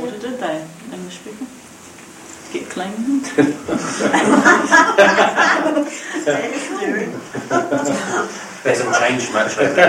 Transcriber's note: there was lots of chat going on in the background